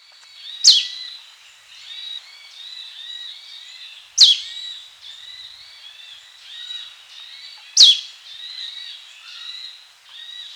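Manipur treecreeper giving a sharp, very high, downslurred note about every three and a half seconds, with softer chirping and a steady high hum behind.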